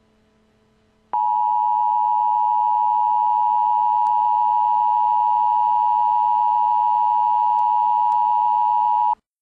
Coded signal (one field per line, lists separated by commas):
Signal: Emergency Alert System (SAME) tones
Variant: 853 and 960 Hz attention tone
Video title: Severe T'Storm Warning: Indianapolis, IN (3/23/11)